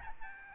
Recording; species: mosquito wingbeat signal from an infrared sensor; Aedes albopictus